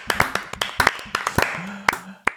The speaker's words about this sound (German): Also ganz, ganz dicken Applaus von meiner Seite auch so.